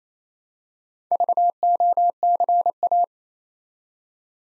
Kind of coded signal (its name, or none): Morse code